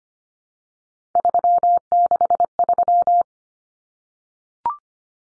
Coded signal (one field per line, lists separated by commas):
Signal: Morse code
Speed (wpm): 25 wpm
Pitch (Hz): 700 Hz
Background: none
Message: 363